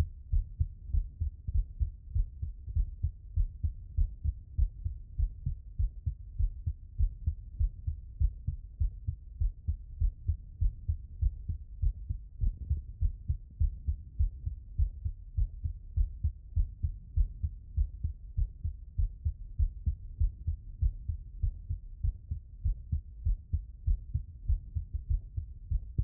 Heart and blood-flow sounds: heart sounds by stethoscope; tricuspid valve (TV)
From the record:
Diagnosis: non-HFrEF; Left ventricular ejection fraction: 67%

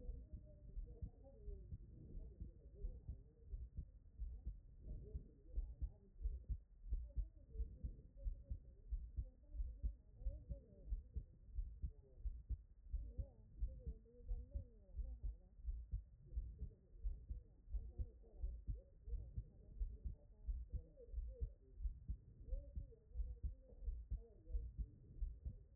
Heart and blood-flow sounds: heart sounds by stethoscope; pulmonary valve (PV)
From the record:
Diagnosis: non-HFrEF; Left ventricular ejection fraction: 58%

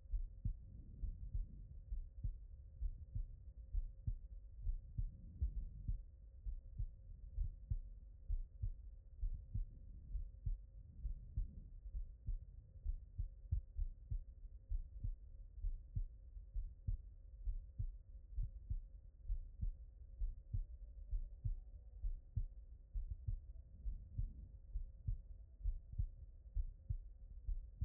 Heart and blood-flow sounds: heart sounds by stethoscope; pulmonary valve (PV)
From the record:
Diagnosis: non-HFrEF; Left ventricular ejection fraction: 62%

